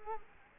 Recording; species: mosquito wingbeat signal from an infrared sensor; Culex quinquefasciatus